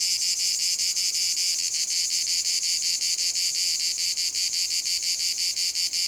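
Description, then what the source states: Cicada song, shrill rasping pulses repeated quickly and slightly unevenly over a constant buzzing background. Cicadas in a field at Domaine de la Sablière, Saint-Privat-de-Champclos, France; recorded with a Zoom H6 and M/S microphone.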